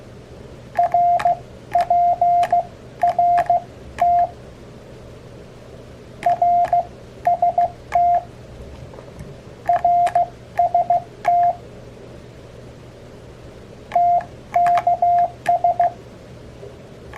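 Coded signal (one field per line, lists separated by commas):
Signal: Morse code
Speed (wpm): 16 wpm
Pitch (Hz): 700 Hz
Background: none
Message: RPRT RST RST TKS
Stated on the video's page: Morse code abbreviations lesson sent on an Elecraft KX3 with KXPD3 paddle.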